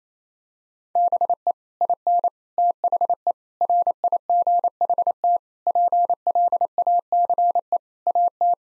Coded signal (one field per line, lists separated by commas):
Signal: Morse code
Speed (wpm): 27 wpm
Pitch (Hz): 700 Hz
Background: none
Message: BE IN THE RIGHT PLACE AT